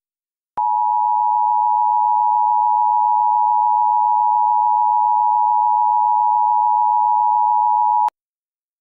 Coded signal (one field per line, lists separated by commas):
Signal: Emergency Alert System (SAME) tones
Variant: 853 and 960 Hz attention tone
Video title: Mock EAS Scenario - Food poisoning